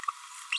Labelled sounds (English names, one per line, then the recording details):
Green-rumped Parrotlet babbling
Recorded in a nest box in Venezuela
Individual 18B25A5